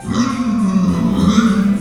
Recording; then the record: squeal of a Yucatan mini pig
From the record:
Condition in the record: after surgery on the right vocal fold (resection and tissue-engineered implant); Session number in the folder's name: 13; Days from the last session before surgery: 113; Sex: female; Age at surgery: 19 weeks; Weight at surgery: 25 kg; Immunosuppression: prednisolone